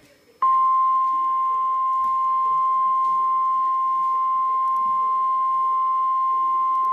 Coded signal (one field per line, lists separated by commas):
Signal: Emergency Alert System (SAME) tones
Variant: 1050 Hz attention tone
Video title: EAS #105 - Donna Reads Tornado Watch #561 (Live Stream) 11-17-2013